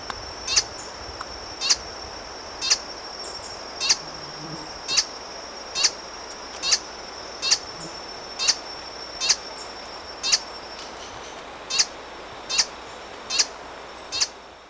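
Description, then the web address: Green hermit giving a high, thin squeak repeated roughly once per second, pausing briefly near the end before resuming, with faint background hiss. Ecuador. "Birds of Ecuador. Green Hermit"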